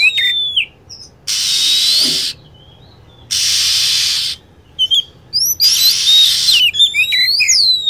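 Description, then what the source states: Lovebird calls: bursts of shrill chirps and falling whistles, alternating with blocks of loud hissing noise. Lure recording used to attract lovebirds.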